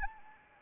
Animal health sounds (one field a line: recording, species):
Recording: mosquito wingbeat signal from an infrared sensor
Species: Anopheles arabiensis